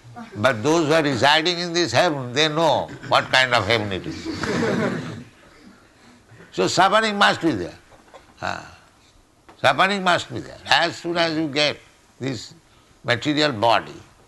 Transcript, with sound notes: But those who are residing in this heaven, they know what kind of heaven it is. [laughter] So suffering must be there. Suffering must be there as soon as you get this material body.